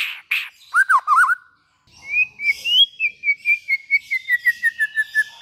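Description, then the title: White-rumped shama giving a few warbled whistles, then a steady series of repeated clear whistled notes, about four per second. Long-duration lure call of white-rumped shama song. "Pikat Murai Batu Durasi Panjang"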